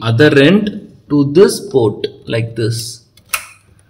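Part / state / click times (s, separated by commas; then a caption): Ethernet cable plug into TV LAN port / seated / 3.3 s. Someone talks while the other end of an Ethernet cable is pushed into the LAN port on the back of a Samsung Smart TV. A sharp click is heard at 3.3 seconds, just after the talking stops, as the plug seats in the port and the cable is connected.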